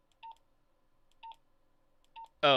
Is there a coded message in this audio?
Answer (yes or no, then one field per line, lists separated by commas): no